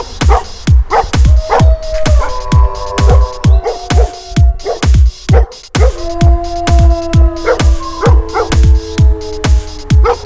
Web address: ashton bradly. german shepherd